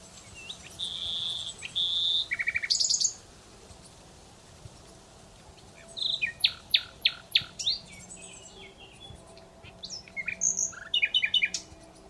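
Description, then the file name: Common Nightingale singing varied phrases: pure whistled notes, a low rattling burst, then after a pause a loud series of sharp repeated clicks and chirps, with a fainter phrase near the end. "Luscinia megarhynchos"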